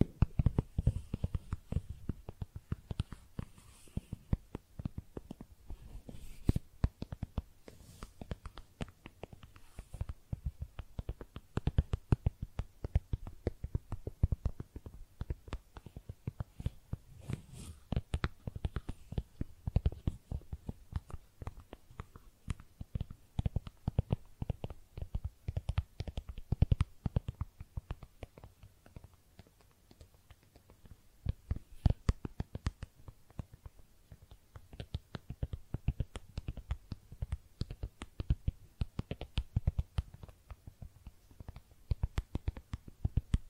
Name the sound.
Makeup Tapping & Scratching Sounds